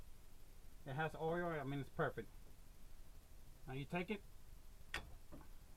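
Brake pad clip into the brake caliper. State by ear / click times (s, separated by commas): seated / 4.9 s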